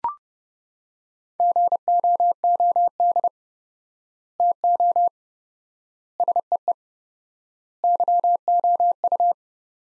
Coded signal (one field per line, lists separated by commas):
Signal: Morse code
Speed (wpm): 32 wpm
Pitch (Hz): 700 Hz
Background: none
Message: GOOD TO SEE YOU